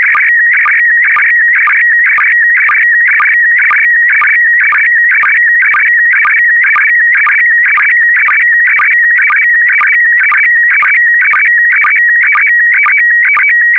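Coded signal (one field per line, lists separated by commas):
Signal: SSTV (slow-scan television)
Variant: PD120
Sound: steady warbling tones with a rhythmic ticking pulse about twice per second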